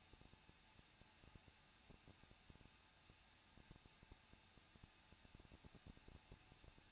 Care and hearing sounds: daily activity, microphone in the room; no activity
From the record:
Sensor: 2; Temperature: 21.0 degrees Celsius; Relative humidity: 37.6%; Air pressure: 1006.2 hPa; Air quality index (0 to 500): 223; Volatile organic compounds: 25 ppm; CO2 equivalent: 2839 ppm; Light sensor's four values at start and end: 2/3/2/2 and 2/3/2/2

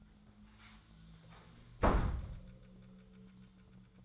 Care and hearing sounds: daily activity, microphone in the room; close door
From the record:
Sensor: 3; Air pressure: 1004.9 hPa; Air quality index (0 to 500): 75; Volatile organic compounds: 2 ppm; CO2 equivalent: 1136 ppm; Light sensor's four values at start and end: 8/19/8/7 and 8/19/8/7

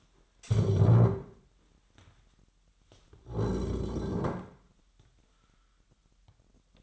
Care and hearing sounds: daily activity, microphone in the room; stand up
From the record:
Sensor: 3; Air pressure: 998.4 hPa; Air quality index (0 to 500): 128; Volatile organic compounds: 3 ppm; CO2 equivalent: 1534 ppm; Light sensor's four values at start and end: 9/20/8/9 and 11/24/11/12

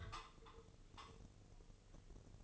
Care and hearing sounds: daily activity, microphone in the room; take from stove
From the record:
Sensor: 4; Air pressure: 996.2 hPa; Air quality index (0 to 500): 76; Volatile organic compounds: 3 ppm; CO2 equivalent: 1432 ppm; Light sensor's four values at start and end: 19/51/19/21 and 18/50/19/21

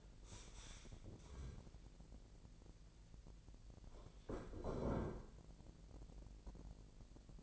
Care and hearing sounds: daily activity, microphone in the room; stand up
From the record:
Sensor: 5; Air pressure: 1001.7 hPa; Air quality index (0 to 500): 246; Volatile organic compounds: 30 ppm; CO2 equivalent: 2950 ppm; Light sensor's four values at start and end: 51/119/49/52 and 51/119/49/52

